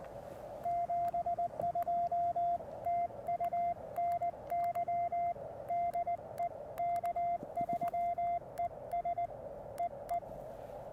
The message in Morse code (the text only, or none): 72 TU NY DE K3ES E E